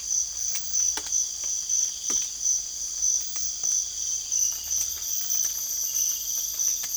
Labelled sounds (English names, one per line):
none